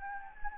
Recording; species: mosquito wingbeat signal from an infrared sensor; Anopheles gambiae